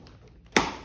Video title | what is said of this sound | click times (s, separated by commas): Craftsman Shop Vac Manual and Getting Started Guide (Wet/Dry Vac) | goes in you'll heard it click when | 0.6 s